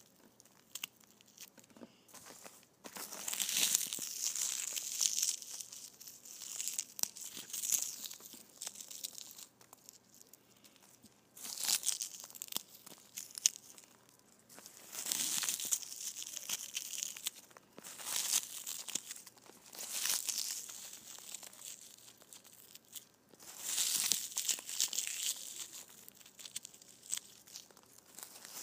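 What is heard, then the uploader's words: Foam balls are squished in repeated bursts of crinkly, crackling hiss, bright and airy, each lasting a few seconds. The bursts come at fairly regular intervals, with brief quieter gaps between them, and some sharper scratchy ticks scattered throughout. ASMR Foam Balls Squishing.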